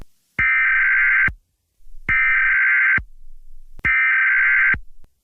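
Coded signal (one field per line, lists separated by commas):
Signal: Emergency Alert System (SAME) tones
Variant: header bursts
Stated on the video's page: Fictional EAS scenario, simulated rather than a real alert.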